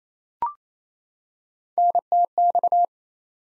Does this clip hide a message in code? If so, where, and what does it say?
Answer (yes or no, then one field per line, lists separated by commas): yes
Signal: Morse code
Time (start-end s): 1.8-2.9 s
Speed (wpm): 28 wpm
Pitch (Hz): 700 Hz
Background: none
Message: NTX